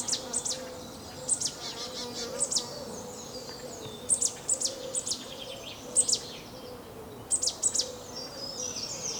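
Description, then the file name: Marsh tit calls: short high sharp notes in small clusters every one to two seconds, over a steady low hum. "Poecile palustris"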